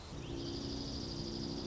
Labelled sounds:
Dark-eyed Junco (Junco hyemalis)

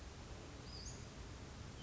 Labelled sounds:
Western Flycatcher (Empidonax difficilis)

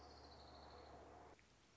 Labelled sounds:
Orange-crowned Warbler (Leiothlypis celata)

